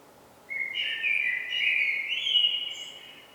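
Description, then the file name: Common blackbird song: a single flowing fluted phrase, starting low, lifting higher toward its end and fading out after nearly three seconds. "Turdus merula"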